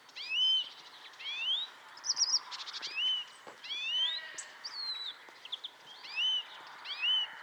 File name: Chloris chloris